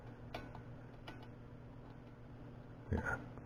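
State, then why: Stripped. A brass sight glass fitting is turned in a second threaded hole of a Weeden model boiler whose threads are about 90% gone, and it spins freely with faint ticking contact sounds at about 0.4, 0.6, 1.1 and 2.9 seconds. The fitting never tightens, and nothing has seated or clicked yet because the thread is stripped.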